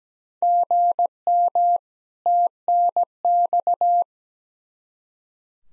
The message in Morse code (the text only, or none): GM TNX